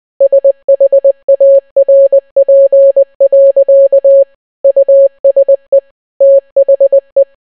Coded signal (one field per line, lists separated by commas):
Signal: Morse code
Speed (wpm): 20 wpm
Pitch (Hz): 550 Hz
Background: none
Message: SHARP. USE THE